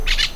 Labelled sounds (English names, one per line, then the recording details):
Brown-throated Parakeet contact call
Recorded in Venezuela
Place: Cerro Saroche, Hato Dalmatela, Edo. Lara
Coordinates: 10.149, -69.534